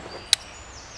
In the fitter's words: you can hear those clicks going on the